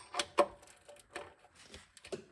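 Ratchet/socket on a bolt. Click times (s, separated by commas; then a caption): 0.4 s. A ratchet and socket on a bolt, used while working on a car, slip under load with a series of sharp metallic ticks. The loudest tick is at 0.4 s, with others around 0.2, 1.2, 1.7, 2.1 and 2.1 s. The fastener or tool strips out.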